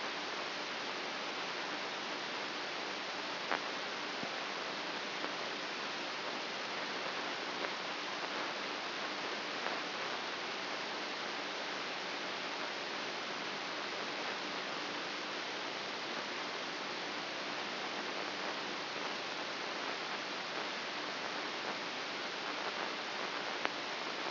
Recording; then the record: brain microelectrode recording played as sound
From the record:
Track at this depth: inside the subthalamic nucleus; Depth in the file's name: 3.24 mm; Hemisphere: right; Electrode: 2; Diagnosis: Parkinson's disease